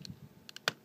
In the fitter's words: there you go and that'll snap into place like that